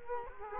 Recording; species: mosquito wingbeat signal from an infrared sensor; Culex quinquefasciatus